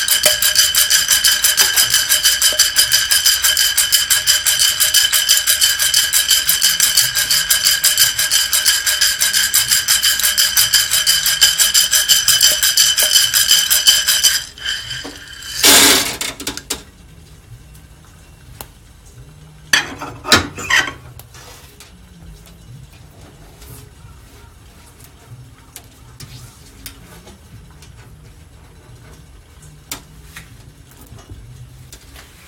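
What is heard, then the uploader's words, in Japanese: Coffee roasting: a steady, bright mechanical whir runs for fourteen seconds, stops abruptly, then a few clattering bursts and faint ticks follow in quiet. 今朝は”モカブレンド”を焙煎。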